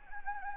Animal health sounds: mosquito wingbeat signal from an infrared sensor; Anopheles gambiae

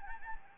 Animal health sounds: mosquito wingbeat signal from an infrared sensor; Anopheles gambiae

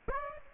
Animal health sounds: mosquito wingbeat signal from an infrared sensor; Aedes aegypti

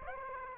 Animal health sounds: mosquito wingbeat signal from an infrared sensor; Aedes aegypti

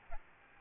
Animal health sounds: mosquito wingbeat signal from an infrared sensor; Aedes albopictus

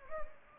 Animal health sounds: mosquito wingbeat signal from an infrared sensor; Anopheles gambiae

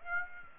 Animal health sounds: mosquito wingbeat signal from an infrared sensor; Aedes aegypti

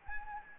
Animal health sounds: mosquito wingbeat signal from an infrared sensor; Anopheles gambiae

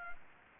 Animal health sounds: mosquito wingbeat signal from an infrared sensor; Anopheles gambiae

